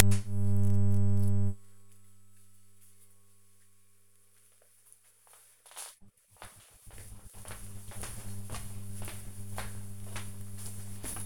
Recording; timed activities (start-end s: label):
household activities, microphone on the right wrist
none